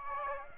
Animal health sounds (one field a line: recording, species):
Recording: mosquito wingbeat signal from an infrared sensor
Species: Aedes aegypti